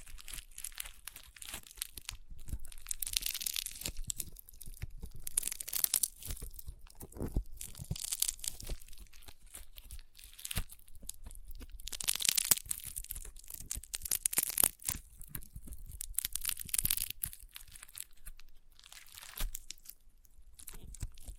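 Crunchy slime is squeezed and worked, giving dense bursts of bright crackling and popping that swell around 3, 6, 12 and 15 seconds.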